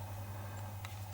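During reassembly of a Colt 1911 9mm pistol, the steel slide stop is pushed through the slide notch and the barrel link into the frame. A single short, sharp click at 0.8 s stands out over a steady low hum as it seats in place once aligned. Someone talks.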